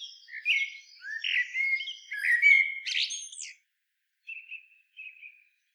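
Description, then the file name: Common blackbird song: a run of fluty, slurred whistles closing in a thin high flourish, followed by two short, quieter trilled notes. "Turdus merula"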